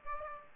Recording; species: mosquito wingbeat signal from an infrared sensor; Aedes aegypti